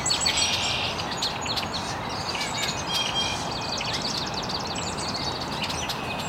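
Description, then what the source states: Birds in an early chorus, with a loud buzzy trill at the start and then quick scattered chirps over steady background noise. Birds chirping very early in the morning in an estuary.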